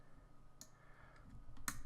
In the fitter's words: a dunk till it clicks but as you can see it isn't exactly aligned properly and